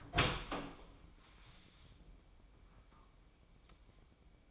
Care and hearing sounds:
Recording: daily activity, microphone in the room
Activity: open door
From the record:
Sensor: 1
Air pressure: 1012.4 hPa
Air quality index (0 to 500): 168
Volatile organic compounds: 3 ppm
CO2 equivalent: 1379 ppm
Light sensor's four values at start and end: 536/1262/555/663 and 537/1262/555/665

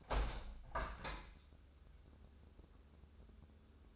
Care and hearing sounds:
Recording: daily activity, microphone in the room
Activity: open window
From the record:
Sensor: 2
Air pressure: 1014.7 hPa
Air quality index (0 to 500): 66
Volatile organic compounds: 1 ppm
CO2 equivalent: 844 ppm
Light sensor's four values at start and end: 8/19/8/8 and 8/19/8/8

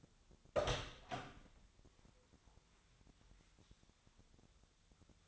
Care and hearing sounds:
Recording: daily activity, microphone in the room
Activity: open door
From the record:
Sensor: 3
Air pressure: 1007.6 hPa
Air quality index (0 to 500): 195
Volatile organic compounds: 15 ppm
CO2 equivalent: 2496 ppm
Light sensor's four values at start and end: 12/29/12/12 and 12/29/12/12

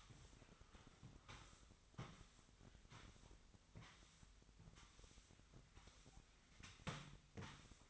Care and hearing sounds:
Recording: daily activity, microphone in the room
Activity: sweep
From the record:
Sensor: 3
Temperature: 25.2 degrees Celsius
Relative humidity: 38.4%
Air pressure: 1001.6 hPa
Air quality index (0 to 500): 224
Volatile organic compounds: 31 ppm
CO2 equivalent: 2978 ppm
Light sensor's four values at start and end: 11/34/14/12 and 11/34/15/12

